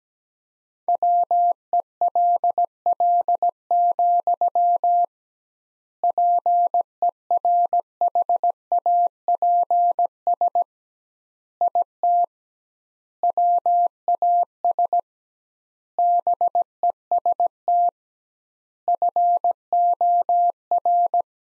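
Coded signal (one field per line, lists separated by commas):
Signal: Morse code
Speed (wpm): 17 wpm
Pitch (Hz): 700 Hz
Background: none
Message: WELL, PERHAPS IT WAS BEST FOR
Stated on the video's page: Morse practice of sentences from the top 500 words at 17 wpm, sent with twice standard word spacing, a word-based analogue of Farnsworth spacing.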